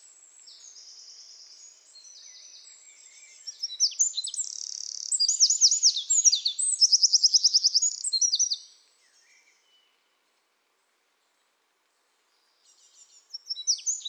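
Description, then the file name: Eurasian wren singing a long, energetic stream of sharp high notes and rapid trills, then silence before another song begins. "Troglodytes troglodytes"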